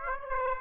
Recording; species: mosquito wingbeat signal from an infrared sensor; Aedes aegypti